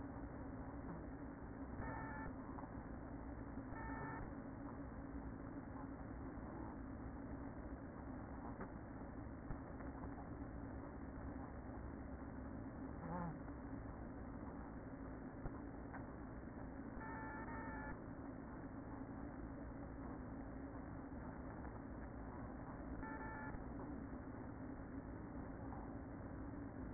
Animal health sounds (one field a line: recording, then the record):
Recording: honeybee colony, microphone inside the hive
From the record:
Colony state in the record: queen present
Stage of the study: after two queens were removed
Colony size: about 60,000 bees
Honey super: yes